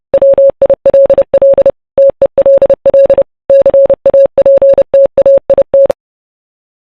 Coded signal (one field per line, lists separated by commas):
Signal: Morse code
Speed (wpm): 30 wpm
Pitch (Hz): 550 Hz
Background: none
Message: WILL TELL CAPTAIT